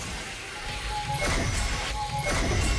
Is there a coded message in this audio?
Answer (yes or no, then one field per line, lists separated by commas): no